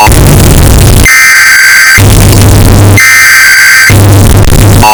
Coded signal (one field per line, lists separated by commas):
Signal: Emergency Alert System (SAME) tones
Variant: header bursts